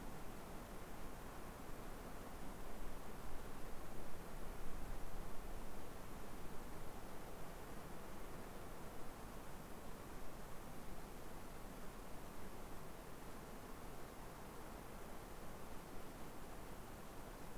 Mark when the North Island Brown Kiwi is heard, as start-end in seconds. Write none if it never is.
none